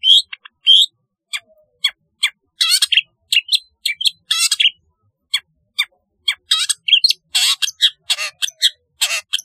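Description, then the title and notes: Long-tailed shrike song made of harsh rasps, thin whistles and sharp ticks, sometimes spaced out and sometimes bunched into quick chattering bursts. "Kicau Burung Cendet"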